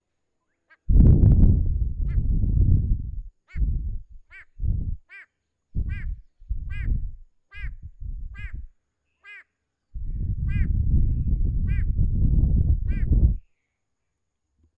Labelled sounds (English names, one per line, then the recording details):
White-bellied Go-away-bird
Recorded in northern Uganda